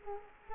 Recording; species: mosquito wingbeat signal from an infrared sensor; Culex quinquefasciatus